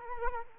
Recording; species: mosquito wingbeat signal from an infrared sensor; Culex quinquefasciatus